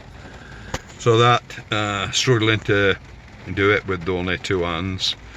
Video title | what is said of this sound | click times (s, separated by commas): Dashcam Magnet mount | you can hear that click on. | 0.7 s